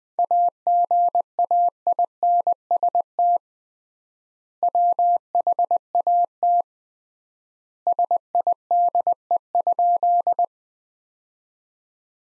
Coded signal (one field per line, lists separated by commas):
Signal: Morse code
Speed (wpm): 20 wpm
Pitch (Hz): 700 Hz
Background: none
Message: AGAINST WHAT SIDE?